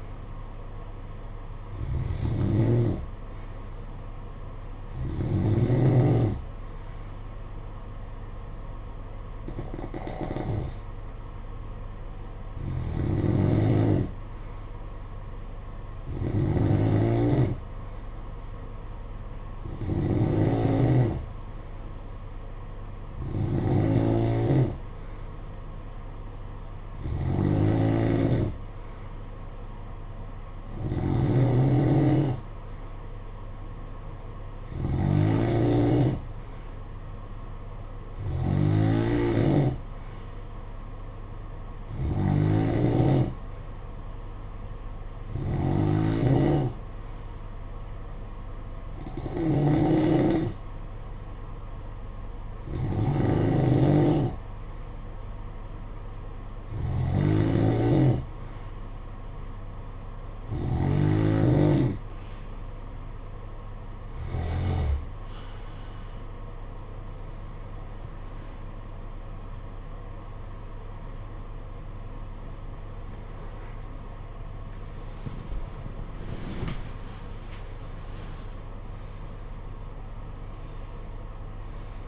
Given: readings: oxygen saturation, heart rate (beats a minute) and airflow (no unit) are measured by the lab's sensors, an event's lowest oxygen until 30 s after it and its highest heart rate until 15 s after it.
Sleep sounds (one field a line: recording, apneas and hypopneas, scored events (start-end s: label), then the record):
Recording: breathing in sleep by a smartphone at the bedside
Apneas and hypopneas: 1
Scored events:
48.00-72.40 s: hypopnea (N2, oxygen 92% highest, then 91% lowest, heart rate 57 at the start, 73 highest)
60.00-82.08 s: new sleep stage, N1 (lightest sleep)
From the record:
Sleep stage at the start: N2 (light sleep)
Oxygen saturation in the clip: 90 to 93%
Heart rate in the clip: 53 to 67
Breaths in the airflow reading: 23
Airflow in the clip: -12.4 to 12.2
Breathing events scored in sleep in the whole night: 476 in 9.7 hours asleep